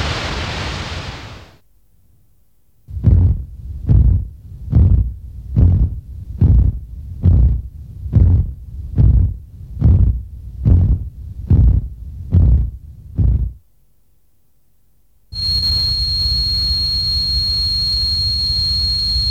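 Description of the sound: Synthesized simulation of tinnitus-like sounds: a broad hiss, then regular pulsing thumps at about 71 a minute, then a steady high-pitched ringing tone over a background hiss.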